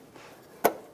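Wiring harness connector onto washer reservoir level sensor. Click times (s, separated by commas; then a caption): 0.6 s. A plastic wiring harness connector is pushed onto the windshield washer fluid level sensor on the reservoir of a 2014–2018 Chevrolet Silverado 1500. After a faint soft sound near 0.2 seconds, a single sharp, bright click at 0.7 seconds marks the connector seating. The tab is then locked and the connector pulled to check it is locked on.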